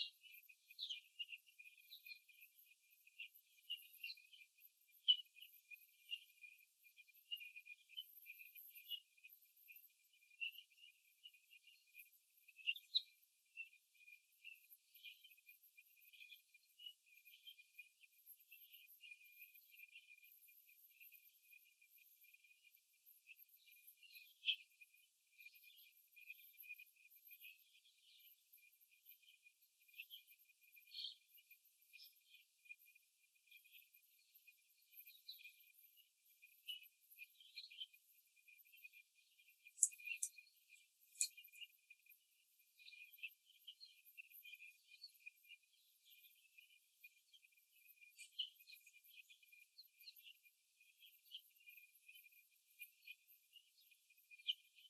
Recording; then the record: young laying hens in a cage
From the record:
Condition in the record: before the stressor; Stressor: simulated dog barking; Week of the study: 2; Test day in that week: 3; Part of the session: 1